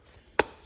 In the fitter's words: push down till you hear a click and you're good to go there so you're all set up there